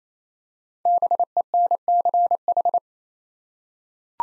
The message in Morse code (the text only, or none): BENCH